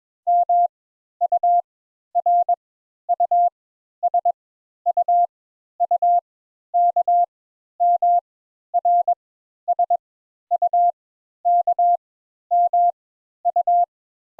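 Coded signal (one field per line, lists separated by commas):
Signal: Morse code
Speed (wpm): 21 wpm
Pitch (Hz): 700 Hz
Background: none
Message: M U R U S U U K M R S U K M U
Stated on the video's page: Morse introductory lesson on letters U and V.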